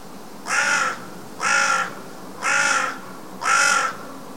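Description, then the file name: Carrion crow giving four harsh, hoarse caws, evenly spaced about one second apart, each lasting roughly half a second, over a quiet background. "Corvus corone"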